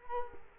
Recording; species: mosquito wingbeat signal from an infrared sensor; Culex quinquefasciatus